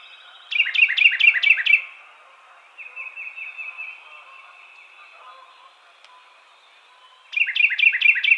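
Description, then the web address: Carolina wren singing a rich, rapidly repeated series of ringing notes, followed by a softer rolling trill and, after a pause, another loud burst of song. Recorded on 23 April 2007. "Carolina Wren 2007 04 23"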